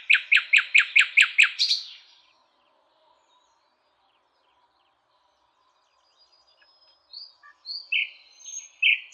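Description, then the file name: Common nightingale song: a rapid series of loud repeated notes, silence, then scattered whistled phrases. "Luscinia megarhynchos"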